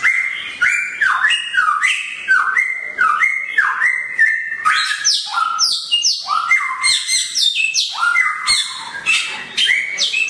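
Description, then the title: Songbird singing loud, varied whistled phrases with repeated falling and sliding notes, mixing lower clear tones and very high sharp chirps throughout. Songbird named Samyong, said to be worth one billion, singing actively (gacor) with piercing volume (volume tembus). "SAMYONG GACOR VOLUME TEMBUS [Burung Kicau"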